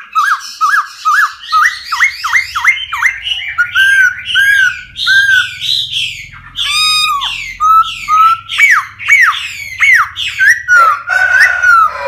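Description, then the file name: Laughingthrush pouring out continuous song, fast whistled notes sliding up and down with harsher squealing phrases, over a steady low hum. Song in the wild-voice style, called giọng rừng. "Tieng khuou hot giong rung"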